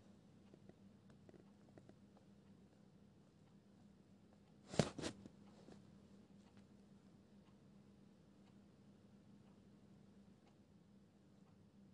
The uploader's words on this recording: (NO MUSIC) Pencil ASMR, quiet space, page flipping, scribbles etc.